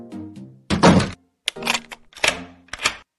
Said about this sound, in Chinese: 啊，白老师，您怎么把门锁了？哎，白老师，钥匙，您怎么把钥匙扔了？